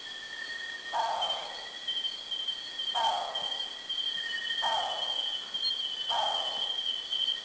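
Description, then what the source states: Philippine frogmouth giving a soft, falling note every one and a half to two seconds, four in all, over constant high, steady insect tones. Recorded at Kitanglad, Philippines, in 2010.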